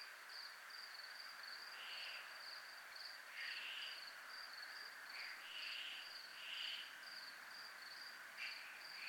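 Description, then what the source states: Crickets keep up a high, evenly pulsed trill while lower buzzy phrases come and go at irregular intervals. Crickets recorded at zona militar (military zone).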